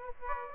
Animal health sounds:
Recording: mosquito wingbeat signal from an infrared sensor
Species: Aedes aegypti

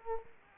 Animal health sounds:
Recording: mosquito wingbeat signal from an infrared sensor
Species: Culex quinquefasciatus

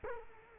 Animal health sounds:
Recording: mosquito wingbeat signal from an infrared sensor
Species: Culex quinquefasciatus

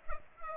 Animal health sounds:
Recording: mosquito wingbeat signal from an infrared sensor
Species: Culex pipiens

